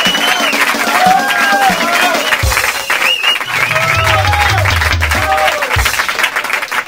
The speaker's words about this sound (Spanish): Fuerte el aplauso, señor.